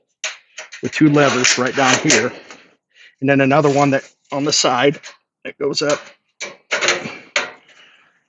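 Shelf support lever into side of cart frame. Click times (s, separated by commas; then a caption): 7.4 s. A side lever on a stainless cart shelf is lifted until it connects to the side of the frame while someone talks. A loud metallic click is heard at 7.4 s as the shelf support seats into the cart frame.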